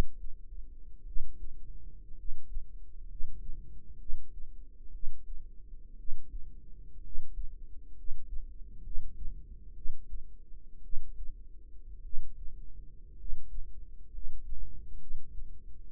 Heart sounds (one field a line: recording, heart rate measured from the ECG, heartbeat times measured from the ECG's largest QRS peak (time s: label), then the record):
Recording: heart sounds by microphone in the right ear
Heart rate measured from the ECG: 61 bpm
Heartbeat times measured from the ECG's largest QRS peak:
1.04 s: heartbeat
2.14 s: heartbeat
3.06 s: heartbeat
3.96 s: heartbeat
4.90 s: heartbeat
5.95 s: heartbeat
7.01 s: heartbeat
7.94 s: heartbeat
8.81 s: heartbeat
9.73 s: heartbeat
10.80 s: heartbeat
12.01 s: heartbeat
13.15 s: heartbeat
14.09 s: heartbeat
14.97 s: heartbeat
15.89 s: heartbeat
From the record:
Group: healthy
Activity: rest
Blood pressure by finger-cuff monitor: 102/51 mmHg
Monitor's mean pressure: 65 mmHg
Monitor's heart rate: 59 bpm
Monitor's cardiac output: 5.4 L/min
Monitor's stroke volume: 89 mL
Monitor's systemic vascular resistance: 840 dyn s/cm5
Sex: male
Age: 25 years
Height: 170 cm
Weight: 70.4 kg